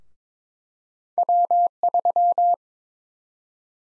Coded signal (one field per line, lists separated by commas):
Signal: Morse code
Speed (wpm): 22 wpm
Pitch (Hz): 700 Hz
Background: none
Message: W3